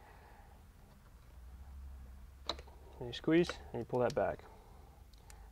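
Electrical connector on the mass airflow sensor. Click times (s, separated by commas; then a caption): 2.5 s. On the bottom of the factory mass airflow sensor's electrical connector, a small red plastic locking tab is worked and clicks open with a sharp click at 2.5 s. Someone then talks while the connector is squeezed and pulled back, releasing it.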